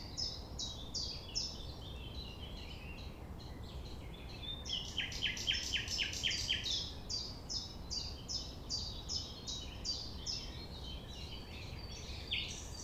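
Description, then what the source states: Common nightingale singing a strong run of fast repeated notes midway, set against a steady series of high, downslurred chirps repeated rapidly. Recorded at 6 a.m. at sunrise near the Thève, at Champ de Ménage; the nightingale sings without waiting for silence.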